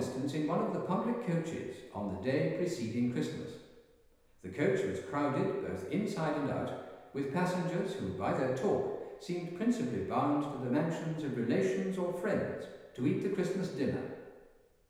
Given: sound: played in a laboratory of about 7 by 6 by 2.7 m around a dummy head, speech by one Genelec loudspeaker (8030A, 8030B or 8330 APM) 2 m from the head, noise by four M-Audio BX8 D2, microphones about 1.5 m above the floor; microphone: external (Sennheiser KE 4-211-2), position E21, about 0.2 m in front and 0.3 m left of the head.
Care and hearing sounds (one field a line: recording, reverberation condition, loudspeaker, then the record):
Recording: male speech in English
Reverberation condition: high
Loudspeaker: 150 degrees to the left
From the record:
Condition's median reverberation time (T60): about 1300 ms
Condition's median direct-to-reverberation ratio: about -4.0 dB